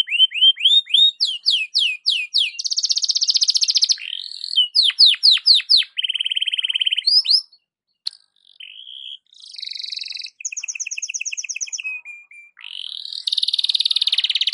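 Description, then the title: Belgian canary in full song: repeated upslurred whistles, buzzy rolls, steep swept notes and rapid trills, changing phrase every one to two seconds with brief breaks. Belgian canary morning song, used to warm up a canary and described as suited for masteran (tutoring). "Canto Para Esquentar Canário Belga. SUARA BURUNG KENARI DI PAGI HARI COCOK BUAT MASTERAN"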